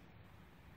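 A compact M&P Performance Center Shield pistol is handled at a rigid Tulster inside-the-waistband holster. Only steady broadband noise is heard, with no distinct transients. Nothing has seated or clicked into the holster yet.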